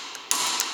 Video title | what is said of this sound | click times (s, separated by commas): Skoda Octavia A-7, Octavia III глухой стук в передней подвеске . Замена стойки стабилизатора. | Вот, все. 80 щелкнули. | 0.3 s